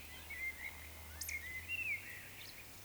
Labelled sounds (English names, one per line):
Eurasian Woodcock whistle
Eurasian Woodcock croak